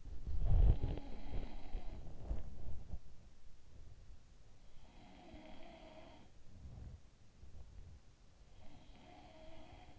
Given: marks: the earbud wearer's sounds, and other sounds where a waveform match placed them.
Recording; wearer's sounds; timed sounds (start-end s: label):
sounds in sleep by an in-ear microphone; body movement
0.00-3.08 s: body movement
0.62-3.08 s: sound from someone else or the room
4.76-7.16 s: sound from someone else or the room
8.47-9.98 s: sound from someone else or the room